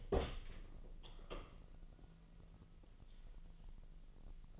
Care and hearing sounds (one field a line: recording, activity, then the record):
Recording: daily activity, microphone in the room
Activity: open door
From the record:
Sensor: 4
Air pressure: 1002.0 hPa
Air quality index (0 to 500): 248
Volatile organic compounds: 41 ppm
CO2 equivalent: 3165 ppm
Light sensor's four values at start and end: 8/18/7/6 and 8/18/7/6